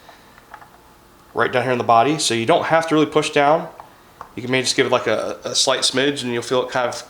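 A chamfered 3D-printed plastic alignment piece of a humbucker routing template is set into a guitar body's pickup cavity with a slight push, giving two faint clicks at 0.4 s and 0.5 s as it seats. After that, someone talks for the rest of the clip.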